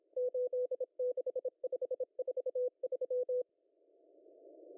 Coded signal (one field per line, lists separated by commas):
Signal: Morse code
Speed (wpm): 26 wpm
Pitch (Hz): 500 Hz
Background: none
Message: 86543